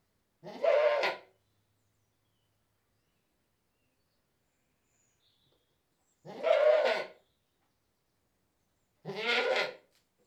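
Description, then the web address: Goat (British Saanen): goat bleating, three harsh nasal bleats spaced several seconds apart, with quiet gaps between them. One British Saanen goat bleating. "BBC Sound Effects Library. One British Saanen Goat Bleating"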